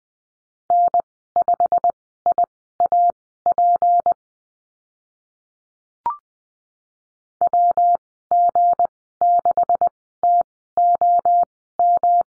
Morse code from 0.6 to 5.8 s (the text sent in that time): N5IAP